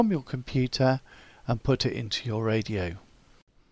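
An SD card is being handled for insertion into the SD card slot of a Yaesu FTDX101D or FTDX101MP transceiver during a firmware update. Someone talks throughout, and the clip ends in near silence. Nothing has seated or clicked yet.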